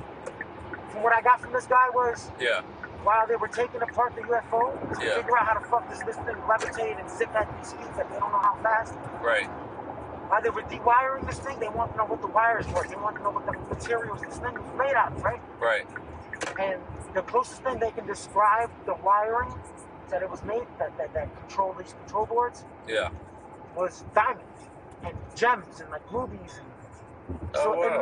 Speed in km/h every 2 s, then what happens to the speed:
109, 105, 103, 100, 103, 103, 101, 101, 98, 97, 90, 84, 76, 69.
0-5 slows to 100. 5-18 steady at about 101. 18-28 slows to 69.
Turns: none.